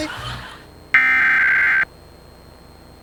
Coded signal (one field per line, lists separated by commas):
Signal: Emergency Alert System (SAME) tones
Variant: header bursts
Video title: WYFF 4 Relay of South Carolina's Required Monthly Test for March (EAS #609)